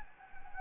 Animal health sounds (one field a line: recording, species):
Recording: mosquito wingbeat signal from an infrared sensor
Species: Anopheles gambiae